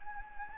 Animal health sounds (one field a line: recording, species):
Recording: mosquito wingbeat signal from an infrared sensor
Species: Anopheles gambiae